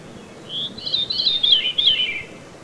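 Veery singing a single fluty, swirling phrase that starts on a clear note and then spirals steadily downward, against light steady background noise.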